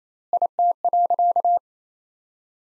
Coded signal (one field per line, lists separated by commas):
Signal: Morse code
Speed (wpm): 28 wpm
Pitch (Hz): 700 Hz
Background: none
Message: IT.